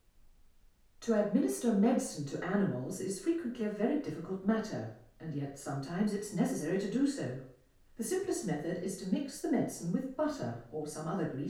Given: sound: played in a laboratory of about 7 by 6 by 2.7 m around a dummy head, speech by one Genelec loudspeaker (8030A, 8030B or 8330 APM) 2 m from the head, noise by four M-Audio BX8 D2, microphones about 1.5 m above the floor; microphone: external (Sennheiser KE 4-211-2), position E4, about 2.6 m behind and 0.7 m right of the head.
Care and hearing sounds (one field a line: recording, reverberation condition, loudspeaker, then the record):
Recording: female speech in English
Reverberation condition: medium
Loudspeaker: 60 degrees to the right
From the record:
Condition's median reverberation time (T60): about 510 ms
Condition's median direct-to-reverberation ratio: about -0.5 dB